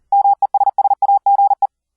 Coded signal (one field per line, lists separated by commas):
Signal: Morse code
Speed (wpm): 39 wpm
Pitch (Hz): 800 Hz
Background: none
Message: MESSAGE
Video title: Morse Code QSO over the internet - software setup - config 16 - (all ASIO apps)